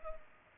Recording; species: mosquito wingbeat signal from an infrared sensor; Culex pipiens